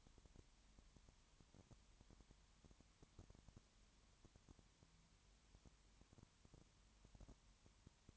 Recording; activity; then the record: daily activity, microphone in the room; no activity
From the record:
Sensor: 3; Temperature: 21.1 degrees Celsius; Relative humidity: 37.0%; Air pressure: 1010.6 hPa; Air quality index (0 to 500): 204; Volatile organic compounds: 31 ppm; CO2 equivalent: 2977 ppm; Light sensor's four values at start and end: 2/3/2/2 and 2/3/2/2